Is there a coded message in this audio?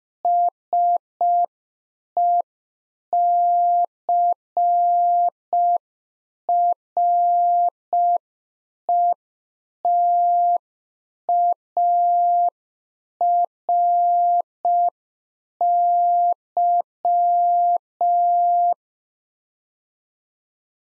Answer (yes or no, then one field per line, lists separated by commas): yes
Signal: Morse code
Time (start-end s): 0.2-18.7 s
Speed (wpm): 5 wpm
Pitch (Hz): 700 Hz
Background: none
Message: SECRETARY